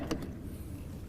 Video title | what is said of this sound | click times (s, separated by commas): Karcher Ride On Scrubber Drier B 110 R BP - Features | and it'll lock into place | 0.1 s